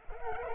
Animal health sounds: mosquito wingbeat signal from an infrared sensor; Culex pipiens

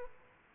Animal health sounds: mosquito wingbeat signal from an infrared sensor; Aedes aegypti

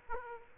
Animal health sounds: mosquito wingbeat signal from an infrared sensor; Aedes aegypti

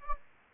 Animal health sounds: mosquito wingbeat signal from an infrared sensor; Anopheles gambiae

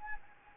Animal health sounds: mosquito wingbeat signal from an infrared sensor; Anopheles gambiae

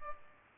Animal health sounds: mosquito wingbeat signal from an infrared sensor; Culex pipiens

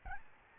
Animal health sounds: mosquito wingbeat signal from an infrared sensor; Aedes albopictus

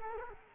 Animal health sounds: mosquito wingbeat signal from an infrared sensor; Culex quinquefasciatus

